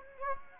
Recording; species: mosquito wingbeat signal from an infrared sensor; Anopheles gambiae